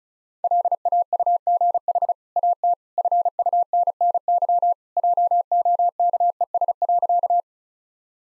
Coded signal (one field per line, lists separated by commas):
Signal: Morse code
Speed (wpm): 36 wpm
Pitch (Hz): 700 Hz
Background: none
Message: LAUGH AT FUNNY JOKES.